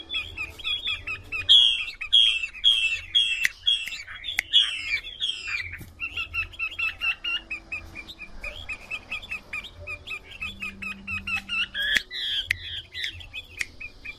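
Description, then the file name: Chinese hwamei song, with a run of bright downslurred whistles in quick succession, then softer chattering, warbled notes and a final burst of whistles. Female hwamei singing. "Tieng chim hoa mi mai hot"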